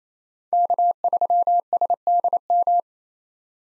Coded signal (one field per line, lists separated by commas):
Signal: Morse code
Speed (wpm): 28 wpm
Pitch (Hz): 700 Hz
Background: none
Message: K3SDM